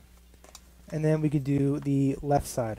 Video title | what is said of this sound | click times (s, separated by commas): DON’T Buy AirPods Max Replacement Cushions! | so this goes on the right side so that easily snaps right in | 0.4 s, 0.6 s